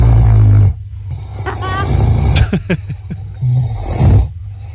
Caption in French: C'était il y a un ou deux ans, ma femme m'a enregistré quand je ronflais la nuit. C'était en été, on avait bu un peu l'apéro, et effectivement, ma femme pouvait pas dormir à côté de moi.